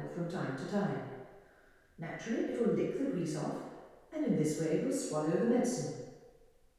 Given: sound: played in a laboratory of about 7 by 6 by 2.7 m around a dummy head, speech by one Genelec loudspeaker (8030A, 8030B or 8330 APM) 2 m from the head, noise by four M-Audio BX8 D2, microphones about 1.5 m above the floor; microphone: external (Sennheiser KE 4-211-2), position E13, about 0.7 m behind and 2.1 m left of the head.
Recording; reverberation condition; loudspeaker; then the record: female speech in English; high; 30 degrees to the left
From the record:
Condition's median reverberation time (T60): about 1300 ms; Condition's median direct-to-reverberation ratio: about -4.0 dB